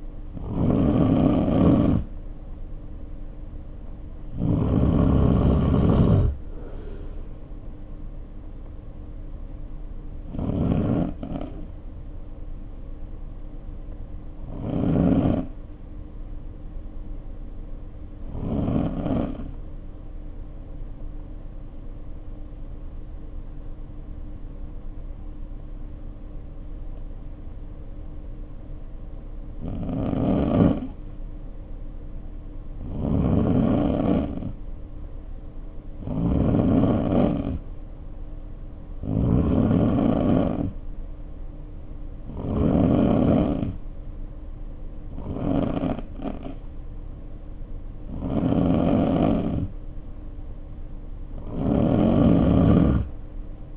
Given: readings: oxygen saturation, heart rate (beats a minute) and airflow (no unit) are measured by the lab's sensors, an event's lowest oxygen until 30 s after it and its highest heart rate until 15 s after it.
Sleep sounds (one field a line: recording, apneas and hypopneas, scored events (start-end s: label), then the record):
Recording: breathing in sleep by a smartphone at the bedside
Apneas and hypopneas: 1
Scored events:
17.00-34.10 s: hypopnea (N3, oxygen 95% highest, then 88% lowest, heart rate 53 at the start, 60 highest)
From the record:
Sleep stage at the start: N3 (deep sleep)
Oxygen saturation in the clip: 88 to 95%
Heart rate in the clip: 51 to 60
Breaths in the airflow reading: 15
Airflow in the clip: -2.8 to 4.0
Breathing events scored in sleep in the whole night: 520 in 7.2 hours asleep